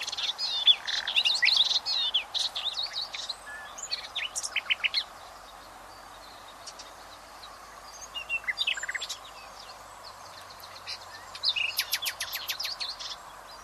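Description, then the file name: Common nightingale song in varied rich phrases, bursts of rapid clicks and trills separated by pauses, over a constant low background hum. "Luscinia megarhynchos"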